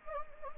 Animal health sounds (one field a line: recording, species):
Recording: mosquito wingbeat signal from an infrared sensor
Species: Anopheles gambiae